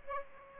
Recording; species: mosquito wingbeat signal from an infrared sensor; Aedes aegypti